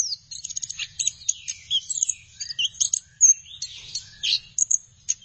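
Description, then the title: Thrush song, a fast chatter of high clipped notes, trills and short whistles, with a faint low hum. "burung anis x"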